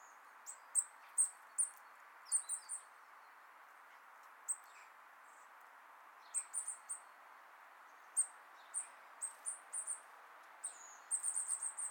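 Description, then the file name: Eurasian blue tit calls: short, very high thin notes given singly and in quick runs at irregular intervals, ending in a rapid burst, with a steady hiss beneath. "Cyanistes caeruleus"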